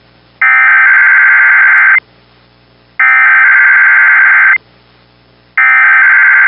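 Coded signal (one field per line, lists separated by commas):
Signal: Emergency Alert System (SAME) tones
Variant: header bursts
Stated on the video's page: National EAS test, October 2023.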